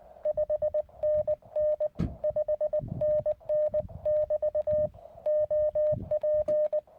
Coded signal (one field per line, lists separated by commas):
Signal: Morse code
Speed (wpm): 17 wpm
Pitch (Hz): 610 Hz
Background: none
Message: 5NN 5NN <BT> OP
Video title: Calling UFOs With Morse Code au Plateau du Caussols.